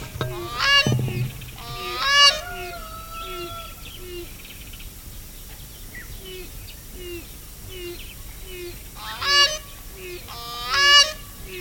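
Grey crowned crane giving loud, nasal honks, two at the start and two at the end, with a soft, short low note repeated in between.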